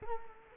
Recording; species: mosquito wingbeat signal from an infrared sensor; Culex quinquefasciatus